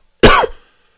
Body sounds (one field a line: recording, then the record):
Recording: coughing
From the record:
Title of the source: Coughing 51